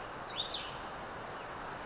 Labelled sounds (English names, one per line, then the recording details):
Cassin's Vireo
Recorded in Sonoma County, California